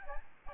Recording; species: mosquito wingbeat signal from an infrared sensor; Aedes albopictus